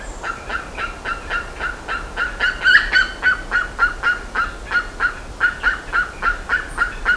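Bird calls: short, slightly harsh notes repeated steadily about three to four times a second throughout, with a brief louder burst near the middle.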